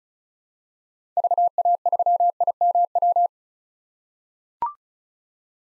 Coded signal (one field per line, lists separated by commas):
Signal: Morse code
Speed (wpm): 36 wpm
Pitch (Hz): 700 Hz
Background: none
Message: VA3IMW